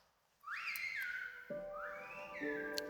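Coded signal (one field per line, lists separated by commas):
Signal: whistled language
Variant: Silbo Gomero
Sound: two loud gliding whistles rising and falling between about 1.5 and 3 kHz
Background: steady low hum tones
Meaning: Whistled word meaning whale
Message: ballena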